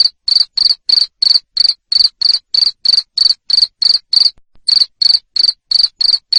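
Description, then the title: Cricket giving loud high chirps in a fast regular series, about three each second, with a single brief break. Loud cricket chirping used to stimulate lovebirds into continuous singing (ngekek). "Suara JANGKRIK NGERIK Keras Bikin LOVEBIRD Jadi NGEKEK Terus"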